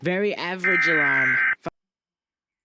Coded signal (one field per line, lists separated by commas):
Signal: Emergency Alert System (SAME) tones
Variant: header bursts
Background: speech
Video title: ScumTK Reacts to Emergency Alert Systems Degenerocity